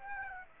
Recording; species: mosquito wingbeat signal from an infrared sensor; Aedes aegypti